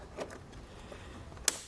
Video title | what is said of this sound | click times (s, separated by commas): etrailer - Setting up the Roadmaster Crossbar-Style Base Plate Kit on a 2017 Toyota Corolla iM | you hear that click make sure it locks into place | 1.5 s